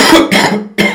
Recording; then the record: coughing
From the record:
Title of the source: Man Coughing Sound - Wet Cough Sound Effect